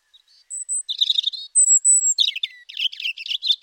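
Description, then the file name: European robin singing, with three pure high whistled notes broken by a scratchy burst, followed by a descending slur and then tumbling, scratchy, fast-twittering trills. "Erithacus rubecula"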